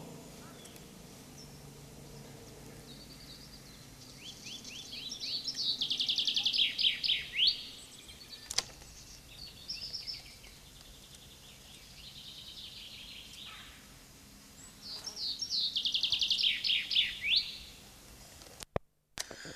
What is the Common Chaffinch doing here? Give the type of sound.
song